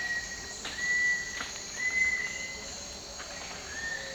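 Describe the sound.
Cinnamon attila giving clear, level whistles in a series over a steady high insect hum.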